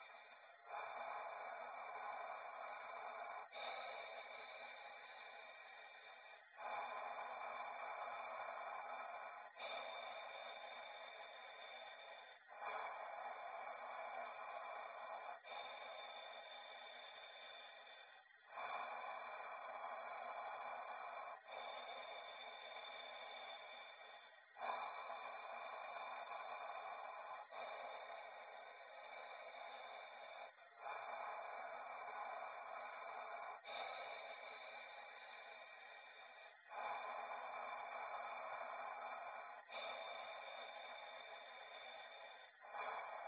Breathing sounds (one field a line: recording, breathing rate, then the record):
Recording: paced breathing near a phone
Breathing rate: 10 breaths a minute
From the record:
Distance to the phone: 40 cm